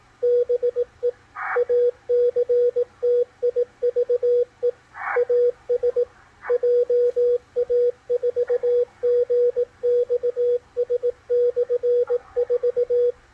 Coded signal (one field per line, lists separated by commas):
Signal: Morse code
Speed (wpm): 18 wpm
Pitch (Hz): 490 Hz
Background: radio noise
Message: BE ACTIVE AS JA4GXS/4